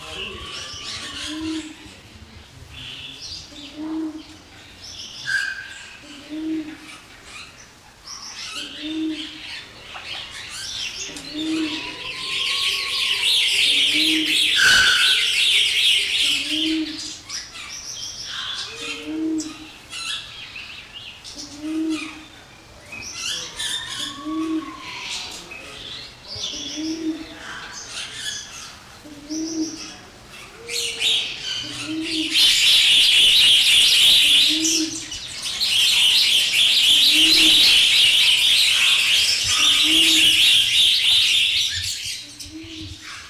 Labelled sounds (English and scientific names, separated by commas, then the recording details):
Sulawesi Ground Dove (Gallicolumba tristigmata) call
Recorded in captivity
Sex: male
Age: adult
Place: Zoo Berlin, Berlin, DE
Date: 2003-01-17 15:39
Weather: fair, 5°C
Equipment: Nagra SN, Kopie Uher 4000 Report Monitor
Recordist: Tembrock, Günter